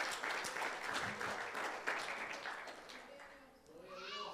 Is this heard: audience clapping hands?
yes